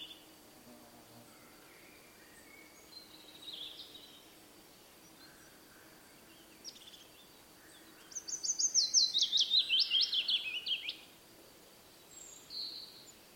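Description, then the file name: Willow warbler gives one descending whistled song phrase of about three seconds late. Faint notes are heard before and after. "piecuszek Phylloscopus trochilus"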